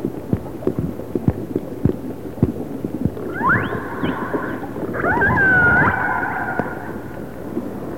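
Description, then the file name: Orca calls: after three seconds of clicking and underwater noise, a rising squeal then a long harmonic tonal call with a sharp upward sweep. Resident orcas of the A clan. "Resident Orca ARClan"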